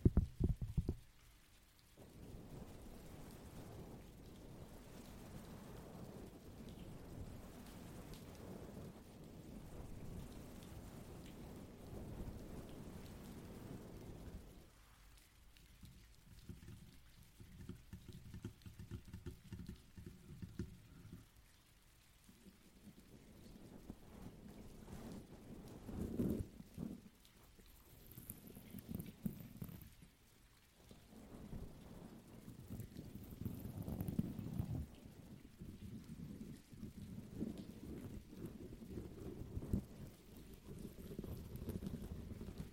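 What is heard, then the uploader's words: Heavy rain roars in a dense, low rumble, thinning for a quieter stretch midway before surging back with uneven gusts and brief dips. ASMR Energy rain (+ pluie).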